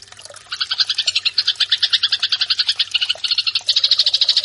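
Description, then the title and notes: Eurasian tree sparrow fighting call, a dense run of harsh, buzzy chirps in steady quick succession after a quiet start. Fighting-style call (tarung) used for training birds. "MASTER GEREJA TARUNG. burung gereja"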